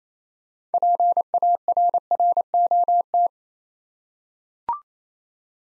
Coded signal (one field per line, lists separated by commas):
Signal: Morse code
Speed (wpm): 27 wpm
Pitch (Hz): 700 Hz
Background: none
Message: PARROT